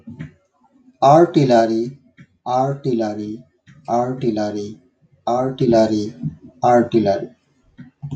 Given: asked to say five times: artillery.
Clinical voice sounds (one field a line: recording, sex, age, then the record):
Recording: repeated word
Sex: male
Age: 40 to 49 years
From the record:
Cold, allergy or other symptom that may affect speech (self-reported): no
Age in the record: 45 years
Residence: New York, United States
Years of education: 16